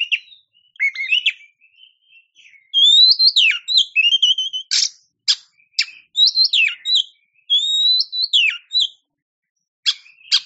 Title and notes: Kicau Burung Kacer Juara. Suara Kicauan Burung Kacer Juara